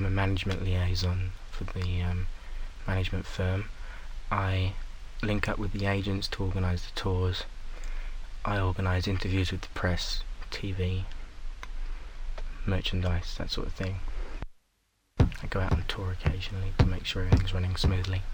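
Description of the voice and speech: Adult male speaker with a stammer, working in the music industry, describing his job. Stuttering with prolonged sounds, a drawn-out filler, and long pauses between phrases.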